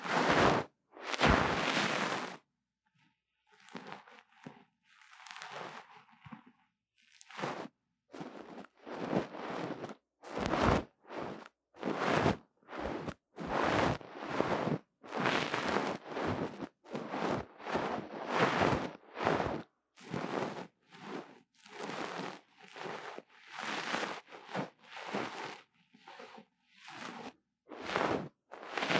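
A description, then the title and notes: Close tapping and scratching on a small microphone, heard as a dense string of sharp, bright bursts with short gaps between them. After a loud opening scrape and a brief pause near three seconds, the hits come quickly and unevenly through the rest of the clip. 刺痛觸發迷你麥克風. Tingles With Mini Mic Tapping & Scratching. NO Talking.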